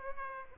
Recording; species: mosquito wingbeat signal from an infrared sensor; Aedes aegypti